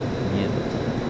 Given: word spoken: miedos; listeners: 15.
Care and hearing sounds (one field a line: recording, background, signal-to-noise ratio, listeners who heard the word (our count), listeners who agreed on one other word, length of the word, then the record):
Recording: one Spanish word in noise, from a listening test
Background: speech-shaped noise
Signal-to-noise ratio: -4.9 dB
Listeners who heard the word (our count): 0 of 15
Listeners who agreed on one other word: 9 of 15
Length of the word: 0.70 s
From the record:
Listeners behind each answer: 9, 1, 1, 1, 1, 1, 1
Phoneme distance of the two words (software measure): 7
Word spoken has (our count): 2 syllables, 6 phonemes, stress on syllable 1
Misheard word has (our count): 2 syllables, 5 phonemes, stress on syllable 1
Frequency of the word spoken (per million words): 5.65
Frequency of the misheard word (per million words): 118.30